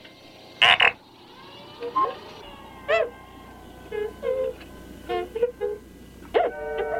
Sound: beeping and whistling